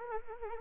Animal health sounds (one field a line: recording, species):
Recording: mosquito wingbeat signal from an infrared sensor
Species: Anopheles arabiensis